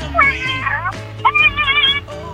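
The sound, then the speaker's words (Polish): On World Cat Day, a person imitates a cat with their mouth, making two drawn-out, high wavering meows in a row, heard over a narrow telephone line with a low steady hum underneath. “W Światowym Dniu Kota odgłos paszczą przez słuchawkę.”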